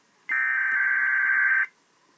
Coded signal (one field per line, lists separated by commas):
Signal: Emergency Alert System (SAME) tones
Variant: header bursts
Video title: EAS 536 Wilmington RWT